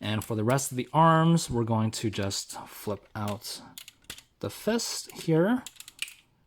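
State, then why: Seated. Someone talks while flipping out the plastic fist on the arm of a Transformers Studio Series 86 Dinobot Slug & Daniel Witwicky transforming robot toy. A sharp click at 6.0 s marks the fist locking into place, seated.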